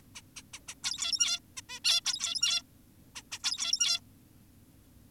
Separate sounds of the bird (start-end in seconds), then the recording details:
0.15-0.22, 0.36-0.42, 0.54-0.60, 0.68-0.74, 0.84-1.40, 1.57-1.61, 1.69-1.80, 1.85-2.01, 2.06-2.62, 3.16-3.22, 3.32-3.39, 3.44-4.00. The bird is an adult. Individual g17y2U